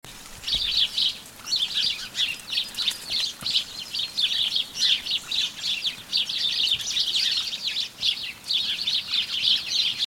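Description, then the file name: House sparrow chirping, a dense run of busy overlapping chirps that continues almost without pause, with faint background noise. "Passer domesticus"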